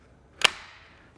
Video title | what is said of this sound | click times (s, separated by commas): etrailer - Thule ProRide XT Roof Fat Bike Rack Review - 2017 Toyota RAV4 | yeah you definitely want that little click | 0.4 s